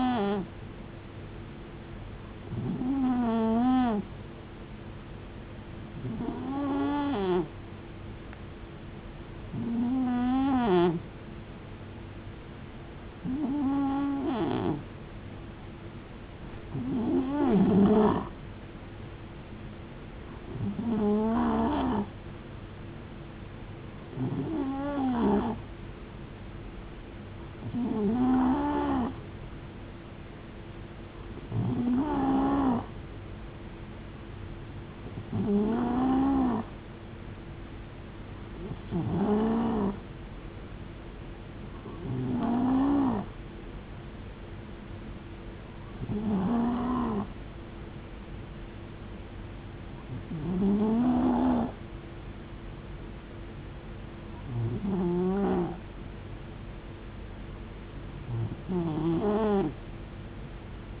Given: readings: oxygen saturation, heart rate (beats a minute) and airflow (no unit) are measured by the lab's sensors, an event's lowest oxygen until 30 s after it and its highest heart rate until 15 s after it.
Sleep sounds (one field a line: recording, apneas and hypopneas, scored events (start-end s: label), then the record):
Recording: breathing in sleep by a voice recorder at the bedside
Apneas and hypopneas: none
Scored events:
none scored
From the record:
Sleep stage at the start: N2 (light sleep)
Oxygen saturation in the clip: 90 to 92%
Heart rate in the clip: 63 to 74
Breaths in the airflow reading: 17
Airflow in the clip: -5.3 to 4.3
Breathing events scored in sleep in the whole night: 389 in 6.3 hours asleep